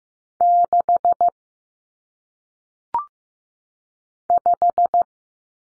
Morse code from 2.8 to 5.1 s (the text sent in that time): 5